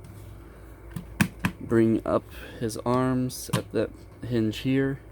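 Someone talks while raising the arms of a plastic Transformers Siege Jetfire robot toy at the shoulder hinge, moving it toward its locked position on the chest assembly. Two short, sharp handling taps are heard at about 1.2 and 1.5 s between the speech. Nothing has seated or clicked into place yet.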